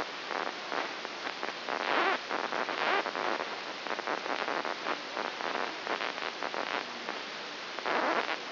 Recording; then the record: brain microelectrode recording played as sound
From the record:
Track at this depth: inside the subthalamic nucleus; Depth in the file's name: 4.201 mm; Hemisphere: right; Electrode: 2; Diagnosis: Parkinson's disease